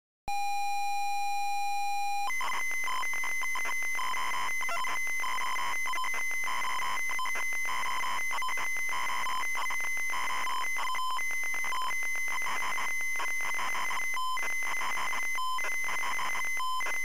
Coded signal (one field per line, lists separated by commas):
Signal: ZX Spectrum tape loading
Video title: ZX SPECTRUM Loading Driller 1987 Incentive Software